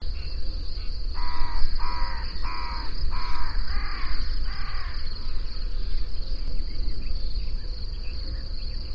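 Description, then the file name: Carrion crow calling a run of six rasping caws, evenly spaced, over constant low rumble and a high-pitched whine. "Corvus corone"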